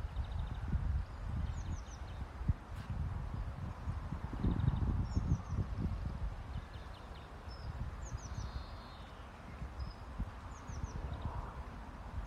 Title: A Battle between a Blue Tit and a Greenfinch!